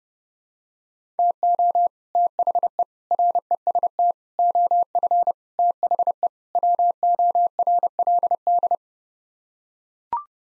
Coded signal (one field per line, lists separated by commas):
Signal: Morse code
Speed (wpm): 30 wpm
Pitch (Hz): 700 Hz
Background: none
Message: TO THE REST OF THE WORLD